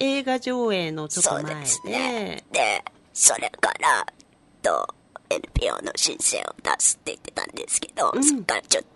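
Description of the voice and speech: An adult woman with a tracheostomy on mechanical ventilation speaks conversational Japanese. She can still produce voice, probably forming the sound in her mouth. The speech is partly whispery and comes in short phrases broken by pauses.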